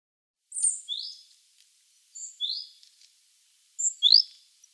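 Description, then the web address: Great tit giving thin high whistled calls in three pairs, each a higher note followed by a lower one, about one and a half seconds apart. "Schulze Peter Great Tit calls"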